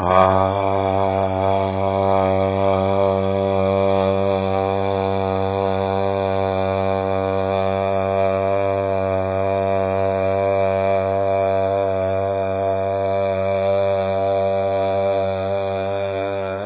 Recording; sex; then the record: sustained vowel /a/; male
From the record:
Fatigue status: no fatigue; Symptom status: symptomatic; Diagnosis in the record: COVID-19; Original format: 3gp